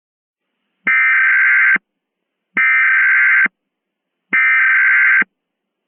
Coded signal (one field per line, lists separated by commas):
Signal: Emergency Alert System (SAME) tones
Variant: header bursts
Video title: EAS Mock Scenario: Complete Randomness